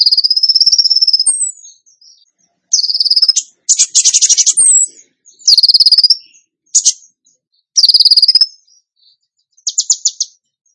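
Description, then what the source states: Bird song alternating high clear whistled phrases with rapid buzzy rattles and short upswept notes, in bursts with brief pauses between them. Masteran training recording for birds, featuring song in the gacor tembakan style.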